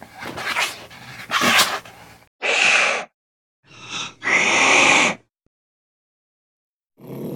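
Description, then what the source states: Cat hisses in a fight: rough breathy bursts at first, then several harsh hisses, a pause, and another hiss starting at the end. A cat fight, with hisses.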